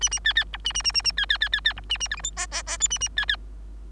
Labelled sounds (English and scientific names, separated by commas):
Bengalese Finch (Lonchura striata domestica) song